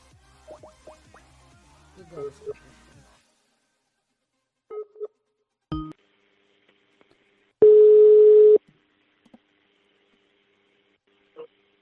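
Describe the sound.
Brief talking, then a few short electronic beeps and a click as a phone number is dialed, followed by one steady, mid-pitched ringing tone lasting about a second before falling quiet.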